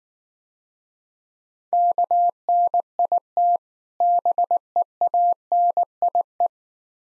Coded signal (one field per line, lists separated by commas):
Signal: Morse code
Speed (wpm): 19 wpm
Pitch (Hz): 700 Hz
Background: none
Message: KNIT BEANIE